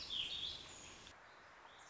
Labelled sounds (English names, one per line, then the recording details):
Warbling Vireo
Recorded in Sonoma County, California